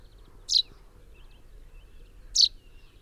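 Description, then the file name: Common chaffinch giving two short, high, sharp call notes about two seconds apart, each slightly falling, over a quiet background. "Fringilla coelebs"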